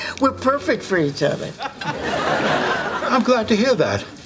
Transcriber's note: laughter